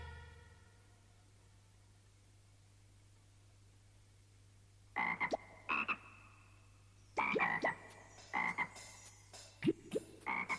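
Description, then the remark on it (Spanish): A frog croaks in loud, rasping bursts for the Colombian children's radio series Por si las moscas, la rana, first two short calls, then a rapid run of repeated croaks after a pause, over a low steady hum with no talking. “Por si las moscas, la rana, una mochila de cuentos a la colombiana.”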